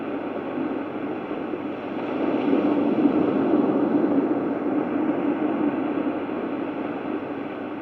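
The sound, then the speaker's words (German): Waves break against rocks below a terrace in a steady, rushing roar of surf that swells louder midway and then settles into a continuous wash, with no voices. “Drittens, die gegen die Felsen brandenden Wellen unterhalb der Terrasse.”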